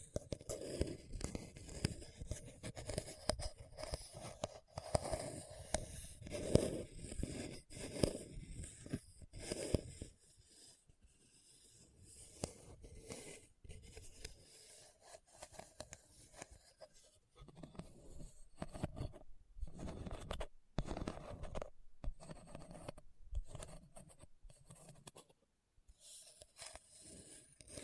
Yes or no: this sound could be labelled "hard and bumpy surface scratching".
yes